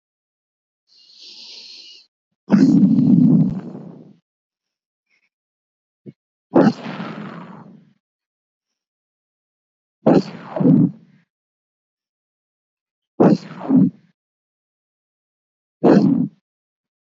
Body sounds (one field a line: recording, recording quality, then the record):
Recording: deep breathing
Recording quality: excellent, no background noise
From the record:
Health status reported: healthy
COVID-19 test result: negative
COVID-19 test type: RT-PCR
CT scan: not taken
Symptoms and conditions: none ticked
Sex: male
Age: 26 years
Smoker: no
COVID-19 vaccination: both doses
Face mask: worn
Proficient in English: no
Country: India